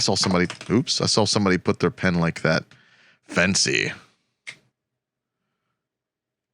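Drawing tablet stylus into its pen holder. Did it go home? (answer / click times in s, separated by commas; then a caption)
no / none. Someone talks while pushing the plastic stylus of an XP-Pen Deco 01 v2 drawing tablet into its plastic pen holder, and a short, faint tap is heard at about 4.5 s. The stylus does not click in and sits kind of wobbly in the holder, so nothing has seated or clicked.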